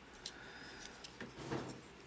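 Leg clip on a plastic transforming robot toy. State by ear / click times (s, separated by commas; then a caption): seated / 0.3 s. The plastic clip that joins the two legs of a Transformers Battletrap (Rise of the Beasts) transforming robot toy is pressed together and snaps in with a sharp click at 0.3 s, seating the clip. Fainter plastic ticks follow at 1.1 s and 1.2 s, then a brief rustling handling noise around 1.5 s.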